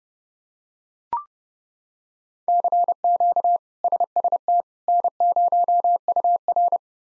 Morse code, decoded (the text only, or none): CQ SST N0UR